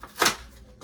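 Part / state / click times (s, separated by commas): plastic snap-on part onto a plumbing fixture or pipe / not seated / none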